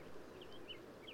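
Black-capped vireo: a few faint slurred notes over a steady low rumble.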